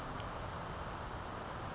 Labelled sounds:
California Towhee
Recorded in Sonoma County, California

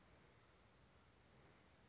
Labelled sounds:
California Towhee
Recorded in Sonoma County, California

